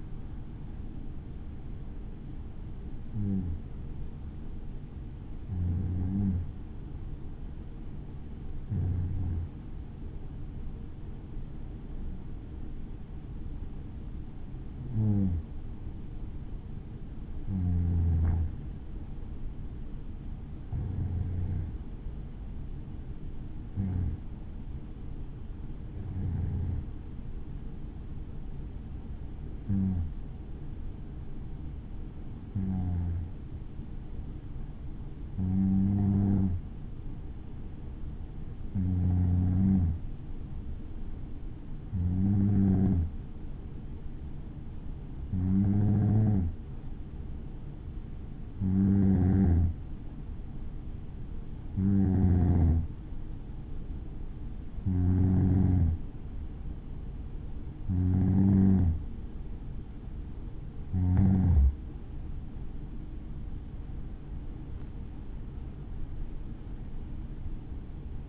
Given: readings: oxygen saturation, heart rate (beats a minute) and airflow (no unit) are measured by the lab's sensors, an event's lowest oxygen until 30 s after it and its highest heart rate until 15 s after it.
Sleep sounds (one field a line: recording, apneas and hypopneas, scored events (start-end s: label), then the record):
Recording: breathing in sleep by a smartphone at the bedside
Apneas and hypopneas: 1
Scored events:
7.00-57.80 s: hypopnea (N1, oxygen 96% highest, then 93% lowest, heart rate 59 at the start, 68 highest)
From the record:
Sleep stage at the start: N1 (lightest sleep)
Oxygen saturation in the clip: 93 to 96%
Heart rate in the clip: 55 to 65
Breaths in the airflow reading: 22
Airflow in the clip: -6.2 to 7.1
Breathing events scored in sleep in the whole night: 216 in 7.0 hours asleep